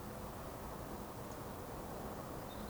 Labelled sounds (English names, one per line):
Eurasian Woodcock whistle